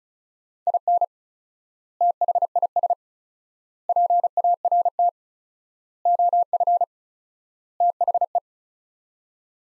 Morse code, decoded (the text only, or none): IN THIS PART OF THE